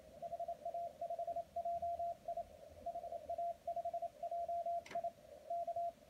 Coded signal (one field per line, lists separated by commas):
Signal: Morse code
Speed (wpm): 27 wpm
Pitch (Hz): 690 Hz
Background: radio noise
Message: HA5JI HA5JI K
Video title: CW morse code decoder with the Teensy Convolution SDR